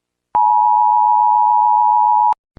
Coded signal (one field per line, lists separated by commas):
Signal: Emergency Alert System (SAME) tones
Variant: 853 and 960 Hz attention tone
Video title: Mellonween VALID EAS TONES